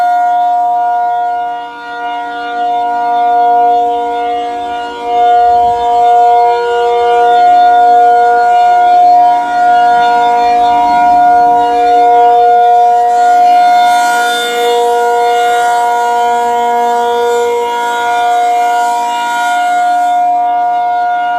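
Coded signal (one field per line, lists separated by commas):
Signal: siren signal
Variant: ACA P-50 siren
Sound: loud steady outdoor siren tone with rich overtones, holding pitch throughout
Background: outdoor ambience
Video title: REVERSE WIRED ACA P-50 Tornado Siren Test, Alert & Fire, Milwaukee, WI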